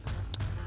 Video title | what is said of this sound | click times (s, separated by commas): 2010-2024 4Runner Pedal Commander Bluetooth Throttle Response Controller Review & Install | into there, make sure that it clicks, and | 0.3 s